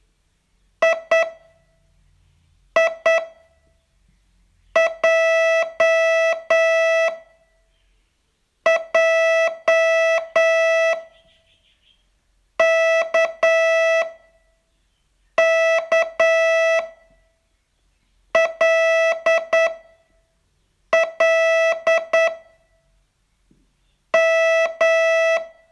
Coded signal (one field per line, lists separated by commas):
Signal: Morse code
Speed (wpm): 9 wpm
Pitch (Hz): 660 Hz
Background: none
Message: I I J J K K L L M